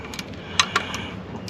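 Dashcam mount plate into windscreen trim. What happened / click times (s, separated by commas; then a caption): The mount plate snapped into place / 0.6 s. A FitCamX dashcam's plastic mount plate, which has a felt back, is lined up and pushed home by hand into the windscreen trim of an F150. A sharp click at 0.6 s marks it seating, followed by a softer tick at about 0.8 s over faint background rustle. The plate is seated in place.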